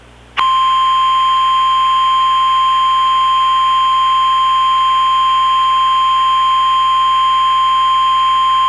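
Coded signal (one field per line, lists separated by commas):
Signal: Emergency Alert System (SAME) tones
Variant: 1050 Hz attention tone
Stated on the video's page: Mock severe thunderstorm warning alert, not a real broadcast.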